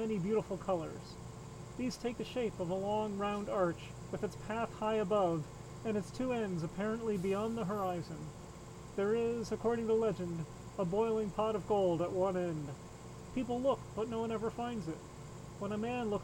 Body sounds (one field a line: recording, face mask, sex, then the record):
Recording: reading aloud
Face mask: surgical mask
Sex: male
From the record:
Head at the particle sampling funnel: turned sideways, cheek in front of it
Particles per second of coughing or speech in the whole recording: 0.0482